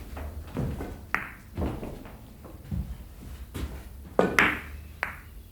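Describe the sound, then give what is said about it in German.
Billiard balls clicking together in an adjoining room: a few sharp, bright knocks at irregular intervals, one louder double click among them, over a low, soft background rumble. “Als ich zurückkam, hörte ich aus dem Nebenraum das typische Klicken von Billardbällen.”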